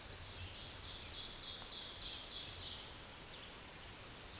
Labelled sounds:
Ovenbird song
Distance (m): 45 m
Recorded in a Pennsylvania forest on 17 May 2023 at 13:38
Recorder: AudioMoth, point grid1_30_low
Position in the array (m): 143 m, 68 m

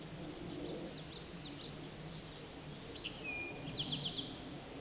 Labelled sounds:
Eastern Towhee song
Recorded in a Pennsylvania forest on 17 May 2023 at 13:24
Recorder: AudioMoth, point grid1_31_low
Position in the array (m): 112 m, 106 m

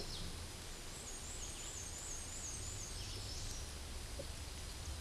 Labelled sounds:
Black-and-white Warbler song
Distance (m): 20 m
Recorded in a Pennsylvania forest on 18 May 2023 at 13:28
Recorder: AudioMoth, point grid1_4_low
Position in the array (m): 31 m, 55 m

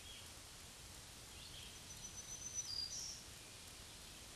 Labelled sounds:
Black-throated Green Warbler song
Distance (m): 30 m
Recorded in a Pennsylvania forest on 1 June 2023 at 07:03
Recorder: AudioMoth, point grid3_32_low
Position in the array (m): 118 m, 113 m

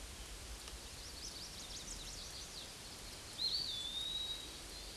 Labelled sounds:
Eastern Wood-Pewee song
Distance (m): 20 m
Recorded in a Pennsylvania forest on 18 May 2023 at 11:30
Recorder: AudioMoth, point grid1_17_low
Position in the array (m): 185 m, 169 m

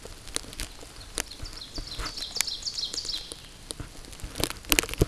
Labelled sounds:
Ovenbird song
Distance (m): 40 m
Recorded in a Pennsylvania forest on 17 May 2023 at 12:59
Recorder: AudioMoth, point grid1_7_low
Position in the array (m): 196 m, 65 m

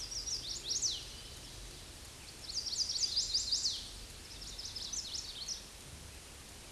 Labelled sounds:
Chestnut-sided Warbler song
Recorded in a Pennsylvania forest on 18 May 2023 at 07:47
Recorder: AudioMoth, point grid1_17_low
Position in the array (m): 171 m, 154 m

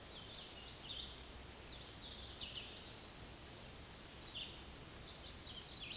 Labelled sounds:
Hooded Warbler song
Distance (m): 70 m
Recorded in a Pennsylvania forest on 18 May 2023 at 11:02
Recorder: AudioMoth, point grid1_28_low
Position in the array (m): 134 m, 106 m

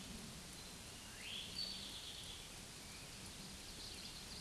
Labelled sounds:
Eastern Towhee song
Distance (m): 60 m
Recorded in a Pennsylvania forest on 17 May 2023 at 13:57
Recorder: AudioMoth, point grid1_7_low
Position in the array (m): 130 m, 120 m

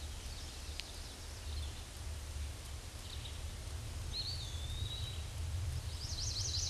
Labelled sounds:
Eastern Wood-Pewee song
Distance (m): 30 m
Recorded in a Pennsylvania forest on 18 May 2023 at 10:32
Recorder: AudioMoth, point grid1_19_low
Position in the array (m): 122 m, 181 m

